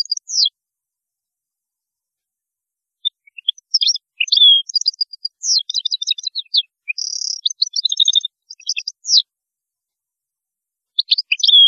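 European goldfinch song: a long burst of rapid tinkling twitters with buzzy trills and down-slurred notes, with shorter bursts before and after pauses of a few seconds.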